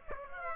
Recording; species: mosquito wingbeat signal from an infrared sensor; Aedes aegypti